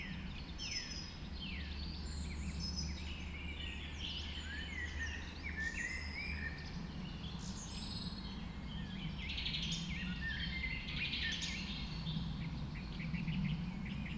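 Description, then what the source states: Birds in dawn chorus, numerous overlapping songs with falling whistles and trills over a constant low rumbling hum. Dawn chorus just after dawn in the Forest of Dean.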